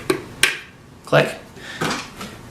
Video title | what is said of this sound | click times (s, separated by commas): Extensively learn about a Dyson: DC23 vs DC39 & Dyson maintenance & Dyson tool comparison | so in both you can see there's a little bit of flex and the plastic but you just wait for the click click | 0.1 s, 0.4 s